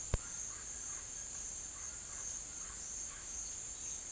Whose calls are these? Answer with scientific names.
Psarocolius angustifrons